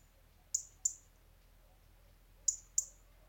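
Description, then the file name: European robin calls: two pairs of quick, sharp high ticks separated by a pause. "Erithacus rubecula"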